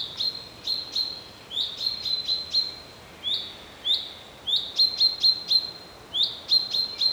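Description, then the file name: Common chaffinch calls: short, sharp metallic notes repeated irregularly, sometimes in quick clusters of two or three. "Fringilla coelebs"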